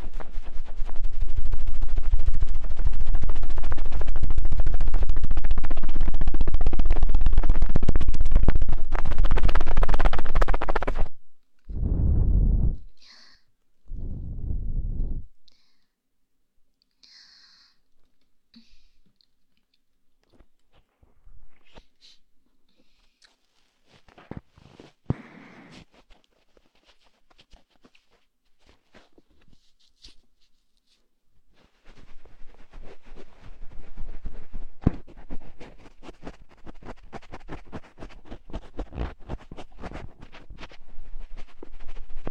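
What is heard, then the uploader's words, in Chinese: A cotton swab cleans inside an ear, opening with eleven seconds of loud, dense, rumbling scraping. Two short heavy bursts follow, then near-silence broken by sparse soft rustles and clicks. From about thirty-two seconds, a steady fine crackling rubbing returns and continues. 棉签清洗耳朵。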